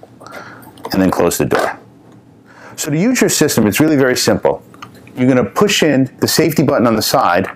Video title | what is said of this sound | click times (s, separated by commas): 5 Best Electric Snow Blower To Buy On Amazon 2021 - Budget Electric Snow Blower Reviews (Top Picks) | you'll hear it click | 0.3 s